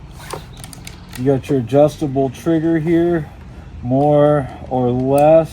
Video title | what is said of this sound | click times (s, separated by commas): DIY Game Changer: How To Use a Paint Sprayer for Furniture, Fences & More | we're going to click it over and it's going to click right into place. | 0.3 s, 0.6 s, 0.7 s, 0.9 s